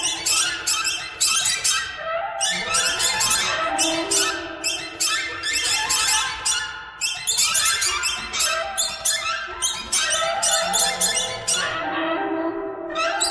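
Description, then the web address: Birds in a long, dense squeaky chorus, shrill harmonic chirps overlapping continuously with rhythmic surges. "soundfactory birds"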